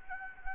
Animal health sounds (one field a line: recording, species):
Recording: mosquito wingbeat signal from an infrared sensor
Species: Anopheles gambiae